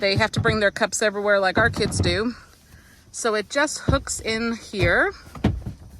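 Someone talks while a removable plastic cup-holder caddy with three cup holders is hooked into the folded-down middle-row seat of a 2024 Honda Odyssey Sport minivan. A brief sharp knock is heard at about 5.5 s, but the caddy has not seated or clicked yet.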